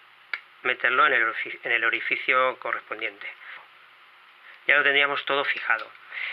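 A loose internal plastic trigger piece of an Xbox game controller, which was catching on the controller housing, is hooked back into place and pushed into its matching hole. A single sharp tick is heard at 0.3 s as it snaps back into place, and then someone talks.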